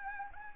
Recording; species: mosquito wingbeat signal from an infrared sensor; Anopheles arabiensis